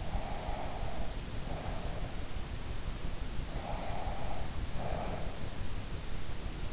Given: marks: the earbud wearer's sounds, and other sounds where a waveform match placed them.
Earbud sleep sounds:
sounds in sleep by an in-ear microphone; breath
0.08-2.01 s: breath
3.60-5.30 s: breath

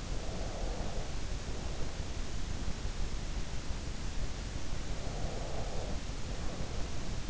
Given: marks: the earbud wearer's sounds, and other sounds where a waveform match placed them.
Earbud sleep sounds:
sounds in sleep by an in-ear microphone; breath
0.00-2.29 s: breath
4.74-7.30 s: breath

